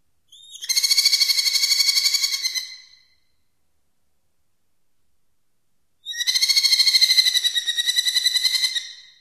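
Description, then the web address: Merlin calling in two rapid, harsh chattering bursts of quick repeated notes, the first lasting nearly three seconds, separated by a few seconds of silence. North America. "Songs of Birds of North America Stokes. Merlin"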